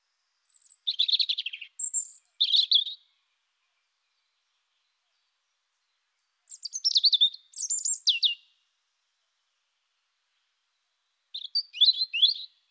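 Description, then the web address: European robin song in three short bursts of high, tinkling, varied warbled phrases with trills, separated by long silent pauses. "annee nature rougegorge"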